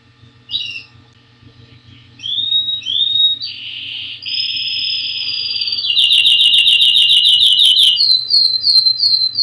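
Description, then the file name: Canary song with varied whistled and buzzy notes, building into a fast trill and ending in a series of repeated high piping notes. "Ni Gi D - Canary Singing"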